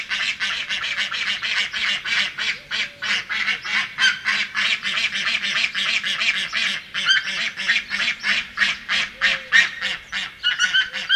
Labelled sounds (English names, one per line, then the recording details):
Steller's Sea Eagle call
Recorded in captivity
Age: adult
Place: Tierpark Berlin, Berlin, DE
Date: 1981-04-18 10:12
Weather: sonnig 1-6°C
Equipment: Nagra SN, Kopie Uher 4200
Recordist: Tembrock, Günter